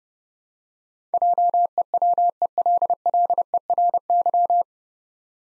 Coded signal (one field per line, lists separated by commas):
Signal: Morse code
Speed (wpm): 32 wpm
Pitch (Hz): 700 Hz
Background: none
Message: JEWELLERY